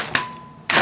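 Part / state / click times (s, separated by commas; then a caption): trigger guard assembly into rifle stock/receiver / seated / 0.7 s. An SKS rifle's steel trigger guard assembly is pushed forward and pressed down at the rear with a firm bump into the stock and receiver. A sharp metallic tick at 0.15 s leaves a faint ringing tone that fades, and a loud snap at 0.7 s marks the latch button engaging. The trigger guard is locked into place.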